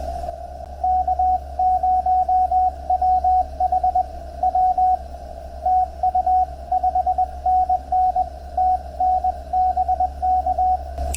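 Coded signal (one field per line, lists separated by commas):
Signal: Morse code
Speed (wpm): 20 wpm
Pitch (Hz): 740 Hz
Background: radio noise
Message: K0WHW TU 5NN TN BK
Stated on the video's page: CW contact hunting a POTA activation from a hotel room with a TX-500, Gabil antenna, banana plug radials, compromised equipment and limited power.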